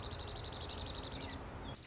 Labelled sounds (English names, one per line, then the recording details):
Dark-eyed Junco
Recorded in Sonoma County, California